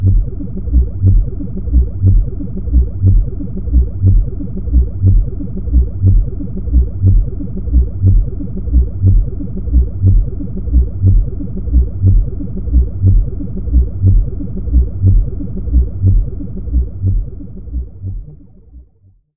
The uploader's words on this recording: Binaural & pluraural beats made with recorded directly from the output of DIN is Noise at sandokan bay in berlin.eu.